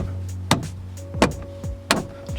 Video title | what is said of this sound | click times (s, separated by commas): Toyota Rav4 LED Install - 4th Gen 2013-2018 (MY2013) | Just make sure it clicks into place. | 0.5 s, 1.9 s